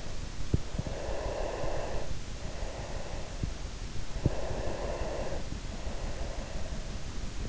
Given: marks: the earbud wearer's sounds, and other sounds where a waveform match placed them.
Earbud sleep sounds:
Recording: sounds in sleep by an in-ear microphone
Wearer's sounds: breath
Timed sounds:
0.83-3.43 s: breath
4.19-6.92 s: breath

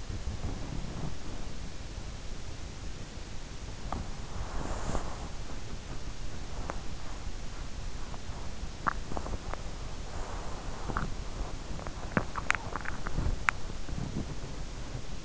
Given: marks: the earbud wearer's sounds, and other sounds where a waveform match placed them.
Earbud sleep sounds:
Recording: sounds in sleep by an in-ear microphone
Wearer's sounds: body movement, teeth grinding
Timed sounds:
0.00-1.94 s: body movement
3.81-15.25 s: body movement
8.60-9.27 s: teeth grinding
10.77-13.83 s: teeth grinding

